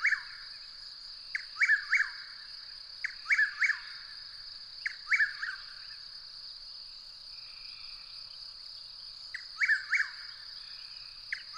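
Bird singing short phrases of two or three sharp, descending notes at irregular intervals, with a continuous high whining tone in the background.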